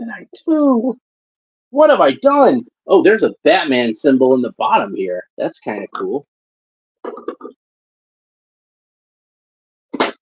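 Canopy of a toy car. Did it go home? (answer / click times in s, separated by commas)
yes / 9.9 s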